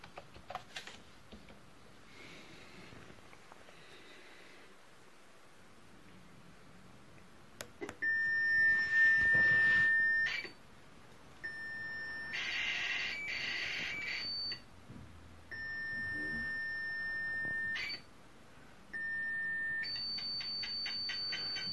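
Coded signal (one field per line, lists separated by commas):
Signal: computer data on cassette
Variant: SAM Coupé turbo loading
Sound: quiet noise, then repeated steady pilot tones alternating with harsh hissing data bursts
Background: room noise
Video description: Sam Coupé core from McLeod Ideafix supports tape loading, so here it's the turbo loading.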